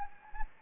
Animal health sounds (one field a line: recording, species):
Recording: mosquito wingbeat signal from an infrared sensor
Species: Anopheles gambiae